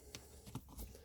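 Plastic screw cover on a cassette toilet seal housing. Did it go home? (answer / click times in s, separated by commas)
no / none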